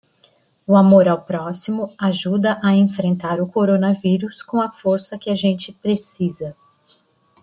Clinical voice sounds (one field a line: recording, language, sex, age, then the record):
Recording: spoken sentence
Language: Brazilian Portuguese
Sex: female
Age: 50 to 59 years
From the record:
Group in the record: control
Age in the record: 57 years